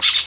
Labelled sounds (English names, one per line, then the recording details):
Brown-throated Parakeet contact call
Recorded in Venezuela
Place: Guárico; Corozopando; Fundo La Fe
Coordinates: 8.506, -67.593